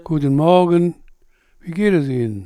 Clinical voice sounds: spoken sentence; German; male; 80 to 89 years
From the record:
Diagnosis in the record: presbyphonia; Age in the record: 83 years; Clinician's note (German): Mit Stimmschwäche

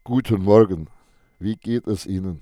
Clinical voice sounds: spoken sentence; German; female; 40 to 49 years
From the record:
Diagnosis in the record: recurrent laryngeal nerve paralysis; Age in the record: 48 years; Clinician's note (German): Strumipriv

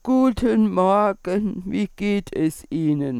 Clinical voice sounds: spoken sentence; German; female; 70 to 79 years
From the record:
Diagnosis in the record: central laryngeal movement disorder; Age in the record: 74 years

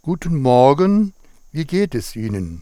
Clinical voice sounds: spoken sentence; German; male; 50 to 59 years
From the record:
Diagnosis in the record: healthy voice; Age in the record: 59 years

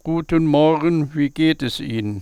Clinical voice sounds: spoken sentence; German; male; 60 to 69 years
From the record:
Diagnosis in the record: healthy voice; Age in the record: 65 years

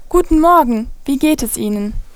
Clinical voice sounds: spoken sentence; German; female; 20 to 29 years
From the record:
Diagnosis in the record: healthy voice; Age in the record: 20 years

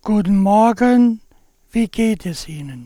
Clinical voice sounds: spoken sentence; German; male; 70 to 79 years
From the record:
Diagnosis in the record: cordectomy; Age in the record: 70 years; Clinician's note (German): Zustand danach mit praktisch kompletter Kompensation

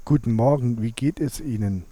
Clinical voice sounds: spoken sentence; German; male; 30 to 39 years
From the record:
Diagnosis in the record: dysphonia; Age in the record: 36 years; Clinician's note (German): Multifaktoriell

